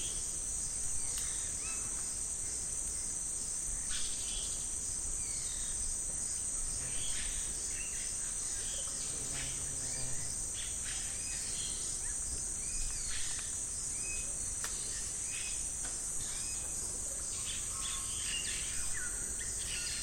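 Rainforest atmosphere at night: a dense, unbroken high insect drone runs through the whole stretch at an even level. Scattered chirps and short calls from other creatures pop in and out at mid pitch, with a brief low rumble around the middle.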